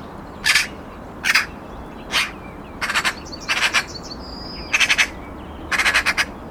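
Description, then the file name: Eurasian magpie chattering: dry, rasping bursts, some single, others rapid triple or quadruple rattles, repeated roughly every second. "Pica pica"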